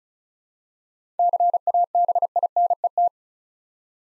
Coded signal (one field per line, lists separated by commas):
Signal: Morse code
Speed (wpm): 36 wpm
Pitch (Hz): 700 Hz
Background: none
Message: CABINET